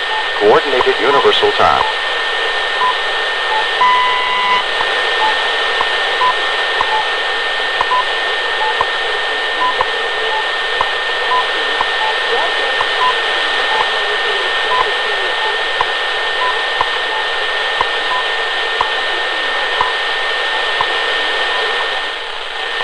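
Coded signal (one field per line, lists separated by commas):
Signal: radio time signal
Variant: WWV and BPM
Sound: a brief voice, then faint short ticks once per second under steady hiss and a whistle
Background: radio static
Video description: WWV (Fort Collins, Colorado) and what I believe is BPM (Xi'an, China) as well as a second time signal beep I don't recognize heard alongside the other two. Recieved on 10 MHz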